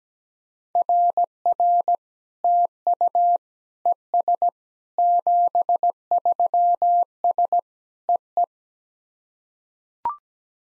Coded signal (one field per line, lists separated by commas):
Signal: Morse code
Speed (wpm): 17 wpm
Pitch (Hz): 700 Hz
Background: none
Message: RR TU ES 73S EE